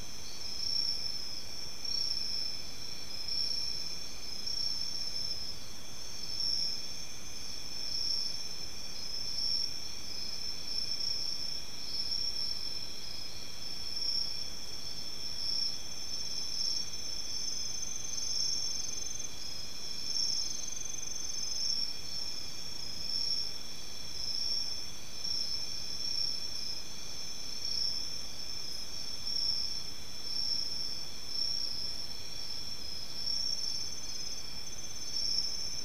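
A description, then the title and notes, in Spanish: Ambient sound of an oak forest, filled with a steady, dense chorus of crickets or similar insects, high and shrill, holding unchanged for the whole stretch. Beneath it lies a soft, even hiss of open-air background with no distinct events. La voz de la naturaleza | Bosque de encino. Sonido ambiental del Bosque de encino.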